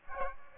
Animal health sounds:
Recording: mosquito wingbeat signal from an infrared sensor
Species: Aedes aegypti

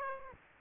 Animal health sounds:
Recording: mosquito wingbeat signal from an infrared sensor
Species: Aedes aegypti

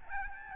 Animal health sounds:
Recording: mosquito wingbeat signal from an infrared sensor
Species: Aedes albopictus

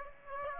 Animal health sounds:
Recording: mosquito wingbeat signal from an infrared sensor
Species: Aedes aegypti

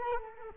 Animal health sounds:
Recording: mosquito wingbeat signal from an infrared sensor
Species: Culex quinquefasciatus

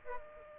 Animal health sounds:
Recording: mosquito wingbeat signal from an infrared sensor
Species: Aedes aegypti

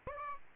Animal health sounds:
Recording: mosquito wingbeat signal from an infrared sensor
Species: Aedes aegypti

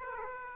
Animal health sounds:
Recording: mosquito wingbeat signal from an infrared sensor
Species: Aedes aegypti

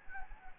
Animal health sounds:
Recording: mosquito wingbeat signal from an infrared sensor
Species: Anopheles gambiae

